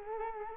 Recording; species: mosquito wingbeat signal from an infrared sensor; Culex quinquefasciatus